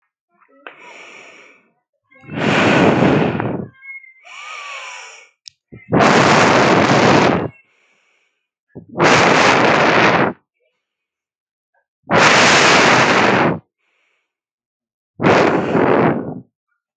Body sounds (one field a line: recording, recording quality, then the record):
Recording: deep breathing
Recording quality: excellent, no background noise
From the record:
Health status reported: healthy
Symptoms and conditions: none ticked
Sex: male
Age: 21 years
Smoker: not ticked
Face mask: not worn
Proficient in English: no